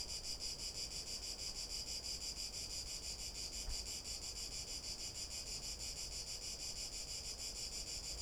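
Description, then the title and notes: Cicada singing a steady, high, rasping buzz that throbs in quick beats. Cicada recorded on an afternoon walk along boardwalks around the lake, Albufera de Valencia, Spain, with a Zoom H1n recorder. "Paseo por la Albufera. Chicharra [Cicadidae]"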